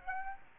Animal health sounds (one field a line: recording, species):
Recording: mosquito wingbeat signal from an infrared sensor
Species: Aedes aegypti